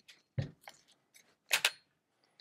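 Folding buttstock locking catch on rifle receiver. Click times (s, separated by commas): 1.5 s, 1.6 s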